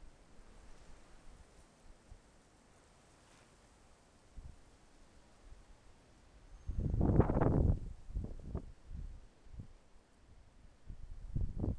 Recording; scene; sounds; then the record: everyday scene through a hearing-aid microphone; wind on the microphone; wind, traffic, birds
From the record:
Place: suburban garden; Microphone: behind the ear, left, front